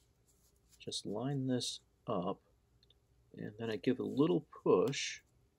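Someone talks while lining up a plastic engine, transmission and radiator assembly in the chassis of a 1/24 scale "Mad Max" Holden Sandman model, with only faint handling ticks between the words. The clip ends just before the little push, so nothing has seated or clicked yet.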